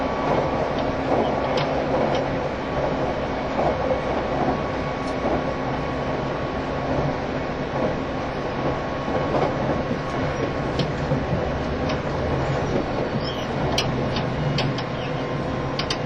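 Running sound aboard a JR East E351 series tilting express: a steady low rumble and hum with faint clicks and a constant mid-pitched tone.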